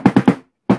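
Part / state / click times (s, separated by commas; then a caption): wooden dowel into a pocket in the rack frame / not seated / none. A wooden dowel is whacked with a wooden block into the bottom pocket of a wooden drying rack frame. Three sharp, resonant knocks land at about 0.1, 0.2 and 0.3 seconds, then there is silence until two more knocks at about 0.7 and 0.8 seconds. The dowel is still being driven, and nothing has seated yet.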